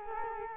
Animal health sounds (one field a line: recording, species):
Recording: mosquito wingbeat signal from an infrared sensor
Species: Culex quinquefasciatus